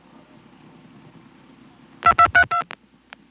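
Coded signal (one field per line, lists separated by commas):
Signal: DTMF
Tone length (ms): 90 ms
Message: 2232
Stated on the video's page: Recorded on a Stromberg-Carlson ESC telephone exchange in Chancellor, Virginia.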